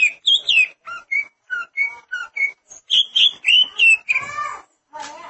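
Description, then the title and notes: Greater green leafbird song: a rapid medley of clear whistled notes, slurred and rising or falling, mixed with buzzy chatter and short pauses between phrases. "Suara Kicauan Burung Cucak Ijo"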